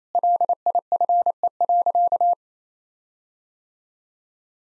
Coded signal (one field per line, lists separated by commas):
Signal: Morse code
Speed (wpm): 28 wpm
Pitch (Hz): 700 Hz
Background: none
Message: LIFE.